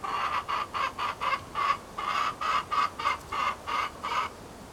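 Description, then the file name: Chicken giving a run of many short, harsh, nasal clucks at roughly three or four per second. Recorded in a henhouse at Appenthal. "poulailler appenthal"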